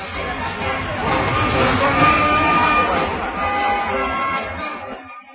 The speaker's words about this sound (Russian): «Да здравствует король Эфраим!» — кричала толпа.